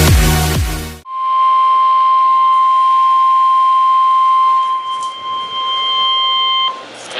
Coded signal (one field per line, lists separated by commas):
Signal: Emergency Alert System (SAME) tones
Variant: 1050 Hz attention tone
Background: music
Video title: (EAS 996-998) Required Monthly Tests from 3/3/2026